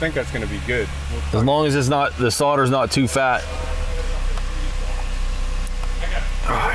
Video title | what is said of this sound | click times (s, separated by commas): 2013 Dodge Ram - No Horn/Steering Wheel Switch Functions - LIN Bus Fault [U1009-00] | I didn't have an extra hand to show you guys that but I just pushed that down in there and I heard it click | 5.7 s